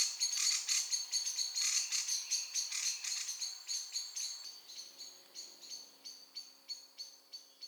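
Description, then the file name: Common blackbird chinking loudly at first, then the sharp notes grow sparser and fainter toward the end. "Turdus merula"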